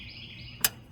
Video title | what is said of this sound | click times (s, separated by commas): Testing out my new Tripod! Hood Latch, IDCV, and misc. | there's the click now I know the threads are lined up | 0.6 s